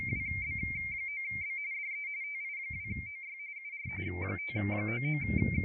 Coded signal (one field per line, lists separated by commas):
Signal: RTTY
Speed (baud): 45.45 baud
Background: speech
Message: WB9B DE TI2OY UR 599